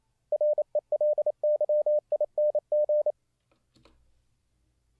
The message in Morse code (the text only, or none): RELYING